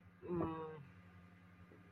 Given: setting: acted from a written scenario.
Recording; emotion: vocal sound without words; shame